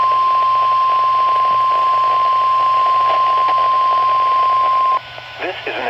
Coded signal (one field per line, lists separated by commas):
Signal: Emergency Alert System (SAME) tones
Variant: 1050 Hz attention tone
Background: speech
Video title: EAS ALERTS FROM 2023 - 'Michigan Mayhem'